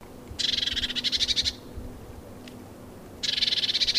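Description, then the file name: Eurasian blue tit giving harsh, buzzy churring rattles made of rapid pulses, with a steady low hum in the background. "Cyanistes caeruleus"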